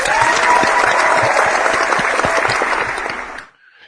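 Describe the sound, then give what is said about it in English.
A loud round of applause, dense crackling claps from many hands at a steady level for about three and a half seconds before stopping abruptly. “We'll give him a round of applause for you.”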